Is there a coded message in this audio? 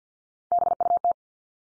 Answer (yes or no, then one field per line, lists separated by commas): yes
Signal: Morse code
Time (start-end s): 0.5-1.1 s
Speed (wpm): 50 wpm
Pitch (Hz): 700 Hz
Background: none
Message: BUT